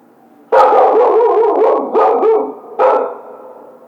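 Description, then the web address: Coyote yipping, a dense burst of harsh overlapping yelps and wavering howls starting abruptly, with two shorter renewed bursts later. Howling; recorded 1 February 2010. "Coyote 2010 02 01 howl"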